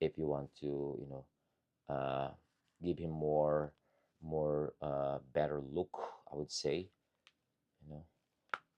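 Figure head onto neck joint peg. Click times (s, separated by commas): 8.5 s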